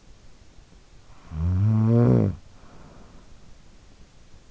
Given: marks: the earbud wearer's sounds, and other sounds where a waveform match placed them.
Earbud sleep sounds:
sounds in sleep by an in-ear microphone; snoring breath
0.73-3.72 s: snoring breath

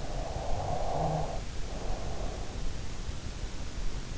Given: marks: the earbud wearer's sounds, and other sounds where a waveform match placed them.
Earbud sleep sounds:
sounds in sleep by an in-ear microphone; snoring breath
0.20-3.06 s: snoring breath

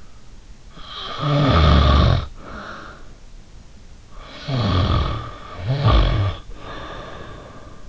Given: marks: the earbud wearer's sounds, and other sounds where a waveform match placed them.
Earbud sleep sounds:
sounds in sleep by an in-ear microphone; snoring breath
0.79-3.03 s: snoring breath
4.04-7.89 s: snoring breath

